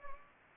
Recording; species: mosquito wingbeat signal from an infrared sensor; Anopheles gambiae